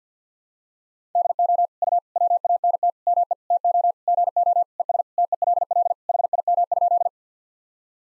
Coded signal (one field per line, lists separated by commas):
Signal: Morse code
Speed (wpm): 50 wpm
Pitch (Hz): 700 Hz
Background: none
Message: DO U WANT ME TO GO ES TELL HIM?